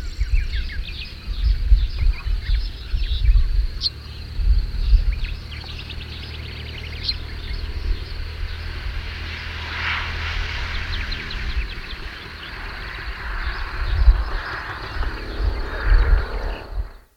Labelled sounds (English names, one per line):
Black-headed Bunting song